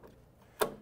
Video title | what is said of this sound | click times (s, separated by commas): HP PageWide XL Series Training New Owners | downward until you hear it click and then | 0.6 s